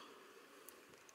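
A swappable plastic fist is lined up with the wrist peg of a Figma 49 Aigis action figure from Persona 3 and handled, with faint steady background hiss and two brief, quiet plastic ticks at about 0.7 s and 1.1 s. The hand has not clicked onto the wrist joint yet; nothing has seated.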